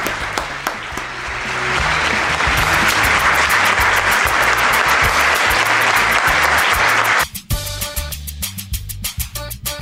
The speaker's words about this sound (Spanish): Nos despedimos acá con las mini arrabaleras que salieron bicampeonas del futsal femenino. Y hacemos un aplauso, y ustedes también se aplauden.